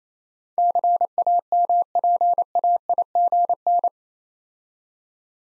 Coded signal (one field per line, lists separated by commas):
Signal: Morse code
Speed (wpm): 27 wpm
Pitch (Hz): 700 Hz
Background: none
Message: CAMPAIGN